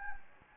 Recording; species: mosquito wingbeat signal from an infrared sensor; Anopheles gambiae